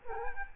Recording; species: mosquito wingbeat signal from an infrared sensor; Culex quinquefasciatus